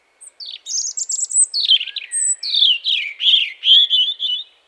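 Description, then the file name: European robin song: a continuous run of varied high phrases, thin whistles and fast tinkling trills, each phrase quickly followed by another. "Erithacus rubecula"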